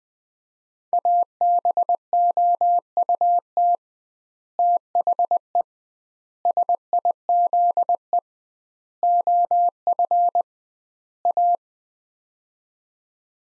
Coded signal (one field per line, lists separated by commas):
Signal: Morse code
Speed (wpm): 21 wpm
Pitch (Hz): 700 Hz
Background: none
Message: ABOUT THE SIZE OF A